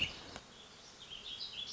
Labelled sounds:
Warbling Vireo (Vireo gilvus)
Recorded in Sonoma County, California

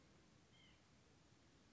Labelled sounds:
White-breasted Nuthatch (Sitta carolinensis)
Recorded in Sonoma County, California

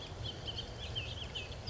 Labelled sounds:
Bullock's Oriole (Icterus bullockii)
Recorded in Sonoma County, California

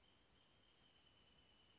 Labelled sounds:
Brown Creeper (Certhia americana)
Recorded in Sonoma County, California

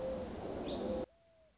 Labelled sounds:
Mourning Dove (Zenaida macroura)
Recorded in Sonoma County, California

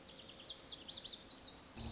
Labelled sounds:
Lazuli Bunting (Passerina amoena)
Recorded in Sonoma County, California

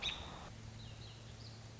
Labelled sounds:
American Robin (Turdus migratorius)
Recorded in Sonoma County, California

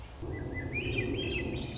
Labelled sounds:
Swainson's Thrush (Catharus ustulatus)
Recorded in Sonoma County, California

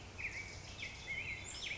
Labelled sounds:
Black-headed Grosbeak (Pheucticus melanocephalus)
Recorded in Sonoma County, California

